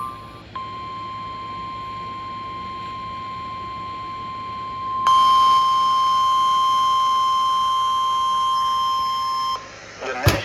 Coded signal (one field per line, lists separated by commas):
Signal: Emergency Alert System (SAME) tones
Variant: 1050 Hz attention tone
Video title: EAS #21 - WX Radio Severe Thunderstorm Warning